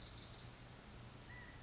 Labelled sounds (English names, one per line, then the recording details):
California Quail
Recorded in Sonoma County, California